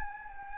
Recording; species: mosquito wingbeat signal from an infrared sensor; Anopheles gambiae